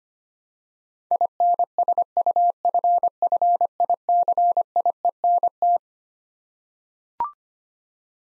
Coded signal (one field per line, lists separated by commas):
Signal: Morse code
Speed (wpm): 25 wpm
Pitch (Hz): 700 Hz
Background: none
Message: INSUFFICIENT